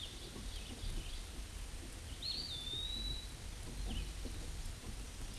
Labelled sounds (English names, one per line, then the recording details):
Eastern Wood-Pewee song
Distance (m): 25 m
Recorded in a Pennsylvania forest on 18 May 2023 at 08:00
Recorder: AudioMoth, point grid1_33_low
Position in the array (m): 78 m, 142 m